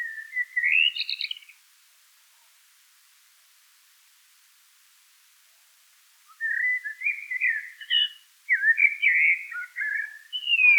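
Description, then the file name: Common blackbird song: a short fluty phrase ending in a brief squeaky flourish, then after a pause a longer run of rich warbled whistles with twittery notes. "Turdus merula"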